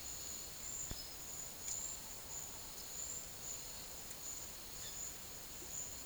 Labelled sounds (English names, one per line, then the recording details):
none
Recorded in secondary vegetation near Puerto Asís, Putumayo, Colombia, on 12 March 2025 at 13:00
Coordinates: 0.489, -76.322
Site G042